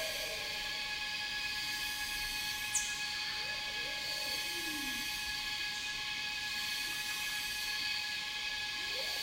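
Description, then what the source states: Cicadas droning in a bright, unbroken buzz, joined by low curving bird whistles and one sharp high note. Cicadas in a rainforest, recorded together with birds.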